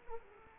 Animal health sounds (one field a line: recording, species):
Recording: mosquito wingbeat signal from an infrared sensor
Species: Culex quinquefasciatus